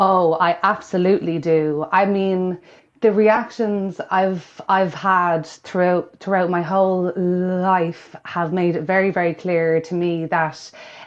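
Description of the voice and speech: An adult woman speaks in mostly smooth phrases broken by whole-word repetitions, a few stretched sounds and brief hesitations before words. This is a mild stammer she has had for as long as she can remember, a fluency disorder marked by repetitions, prolongations and blocks.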